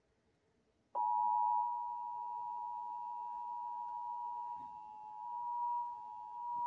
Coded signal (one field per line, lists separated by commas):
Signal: Emergency Alert System (SAME) tones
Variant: 853 and 960 Hz attention tone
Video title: EAS Alerts from July 30 - 31 2024 SWO KHB59 Beaver CH12